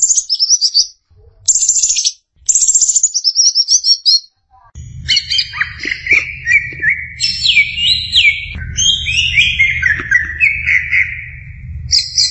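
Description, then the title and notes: Greater green leafbird song, sharp high chirping phrases followed by sweeping, slurred whistled notes that rise and fall, over a low background rumble that begins with the whistled notes. Champion songbird. "Kicau Burung Cucak Ijo Juara. Suara kicauan burung cucak ijo"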